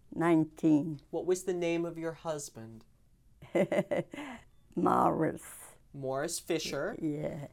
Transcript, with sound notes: Nineteen.
What was the name of your husband?
(she laughs) Morris.
Morris Fisher.
Yeah.